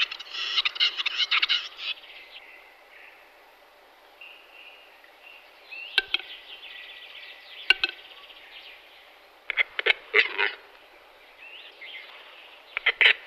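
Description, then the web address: Western capercaillie display sequence with dry clicking pops and hissing, scraping bursts, broken by pauses; a thin whistled tone runs midway. Recorded in Adamello Brenta Nature Park. "Gallo cedrone da PNAB. der Auerhahn"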